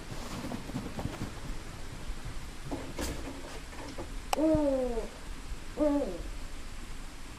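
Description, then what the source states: Eurasian eagle-owl calls, two low, hoarse, falling notes a little over a second apart, the first longer, with a few faint knocks and clicks before them. Three eagle-owls.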